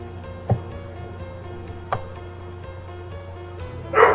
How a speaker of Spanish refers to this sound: Ah, mi perro.